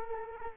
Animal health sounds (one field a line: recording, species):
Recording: mosquito wingbeat signal from an infrared sensor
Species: Culex quinquefasciatus